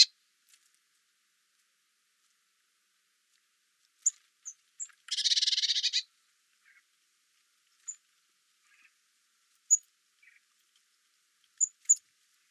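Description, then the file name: Eurasian blue tit calls: a harsh, buzzy one-second scolding churr midway, with brief thin high-pitched notes scattered before and after it, otherwise quiet. "Cyanistes caeruleus"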